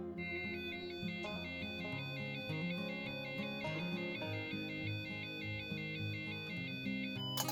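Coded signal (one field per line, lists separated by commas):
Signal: none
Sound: reaction game buzzer beeps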